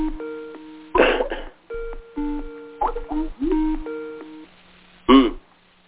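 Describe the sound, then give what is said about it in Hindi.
A phone ringtone for an incoming call from India, during a conference call, plays a repeating electronic melody of steady, stepped tones, broken up by short bursts of a voice talking over it. “ओहो किसी दूसरे का अभी हो रहा है और इंडिया से फोन आ रहा समझ गया।”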